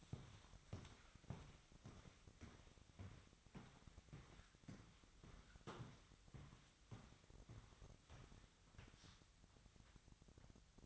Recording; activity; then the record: daily activity, microphone in the room; walk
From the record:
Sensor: 3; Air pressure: 1001.6 hPa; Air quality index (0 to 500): 226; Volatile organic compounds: 32 ppm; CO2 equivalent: 3007 ppm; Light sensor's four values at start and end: 9/26/10/10 and 12/37/16/14